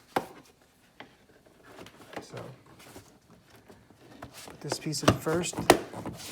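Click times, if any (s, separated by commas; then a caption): none. A plastic air filter housing piece is handled and positioned into the engine-bay air intake housing of a 2012–2018 Mercedes-Benz ML350 / GLE350 (W166) during an air filter replacement. Someone talks over light plastic handling knocks and rustles, with sharper taps near 0.2 s and 1.0 s. The clip ends before the piece goes home, and nothing has seated or clicked yet.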